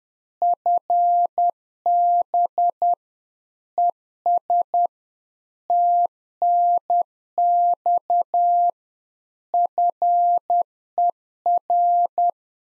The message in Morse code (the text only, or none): FB ES TNX FER